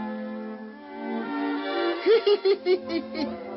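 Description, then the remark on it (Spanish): A kitten lets out four or five short, bending mews in quick succession, following a steady sustained tone at the start. “¡Lindo gatito! ¿Tienes hambre?”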